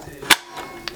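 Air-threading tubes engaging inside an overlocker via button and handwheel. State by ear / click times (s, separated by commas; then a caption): seated / 0.3 s. On a Babylock Imagine overlocker, the air-threading engage button is pressed and the handwheel turned until the internal air-threading tubes lock together. A loud, sharp click sounds at 0.3 s over a low background, followed by a fainter, very short tick near 0.9 s. The threading tubes are confirmed seated and engaged.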